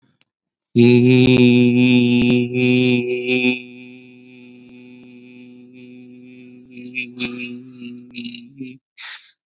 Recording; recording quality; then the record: sustained vowel as in beet; excellent, no background noise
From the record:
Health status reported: COVID-19 positive, mild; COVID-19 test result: positive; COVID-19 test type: rapid antigen test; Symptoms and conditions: cough, fever, another condition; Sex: male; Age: 30 years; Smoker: no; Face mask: worn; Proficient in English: yes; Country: India